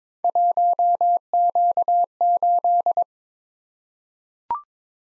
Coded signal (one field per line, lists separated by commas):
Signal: Morse code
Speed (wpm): 22 wpm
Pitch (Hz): 700 Hz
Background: none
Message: 1Q8